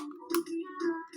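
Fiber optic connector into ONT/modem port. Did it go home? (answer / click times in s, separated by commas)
yes / 0.3 s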